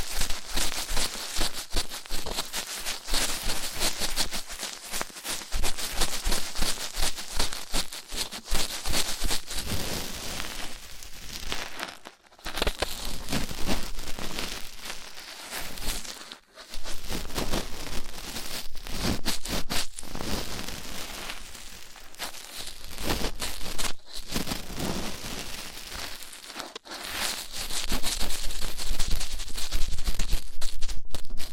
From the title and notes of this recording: ASMR Rough Ear Cleaning (No Talking).